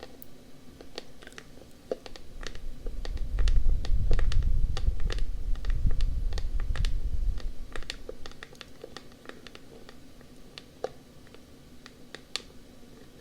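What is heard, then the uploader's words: Ear tapping and scratching: quick, irregular clicks throughout, with a low rumbling rub swelling between about three and eight seconds, then fading. Ear Tapping & Scratching.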